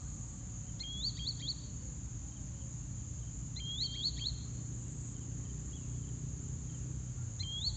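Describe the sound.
Green Sandpiper calling: bursts of three or four sharp, upward-flicking whistles, repeated a few times over a steady low background hum.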